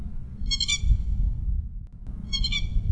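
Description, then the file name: Grey-headed lapwing giving two harsh, ringing calls about two seconds apart, each short and strained, over a steady low rumble. "keri"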